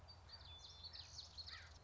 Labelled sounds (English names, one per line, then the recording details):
Common Yellowthroat
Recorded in Sonoma County, California